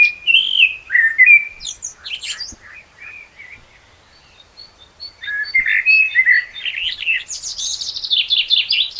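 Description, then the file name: Common blackbird singing fluty whistled phrases and squeaky notes, a quieter stretch of thin calls, then a long high chattering twitter at the end. "Turdus merula"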